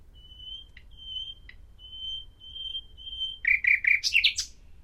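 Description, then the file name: Common nightingale song: five pure, drawn-out whistles at one pitch, growing louder, followed by a quick burst of gurgling notes. "Luscinia megarhynchos"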